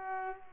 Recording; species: mosquito wingbeat signal from an infrared sensor; Culex pipiens